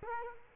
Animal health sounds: mosquito wingbeat signal from an infrared sensor; Culex quinquefasciatus

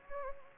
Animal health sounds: mosquito wingbeat signal from an infrared sensor; Anopheles gambiae

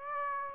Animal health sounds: mosquito wingbeat signal from an infrared sensor; Aedes aegypti

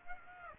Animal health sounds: mosquito wingbeat signal from an infrared sensor; Aedes aegypti

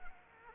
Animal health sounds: mosquito wingbeat signal from an infrared sensor; Anopheles arabiensis

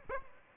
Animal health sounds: mosquito wingbeat signal from an infrared sensor; Aedes aegypti

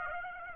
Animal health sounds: mosquito wingbeat signal from an infrared sensor; Aedes aegypti

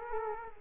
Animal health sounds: mosquito wingbeat signal from an infrared sensor; Culex quinquefasciatus

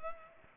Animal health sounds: mosquito wingbeat signal from an infrared sensor; Culex pipiens

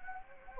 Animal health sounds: mosquito wingbeat signal from an infrared sensor; Anopheles gambiae

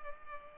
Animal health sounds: mosquito wingbeat signal from an infrared sensor; Culex pipiens

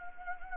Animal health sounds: mosquito wingbeat signal from an infrared sensor; Anopheles gambiae

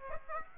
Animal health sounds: mosquito wingbeat signal from an infrared sensor; Aedes aegypti

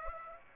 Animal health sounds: mosquito wingbeat signal from an infrared sensor; Aedes aegypti

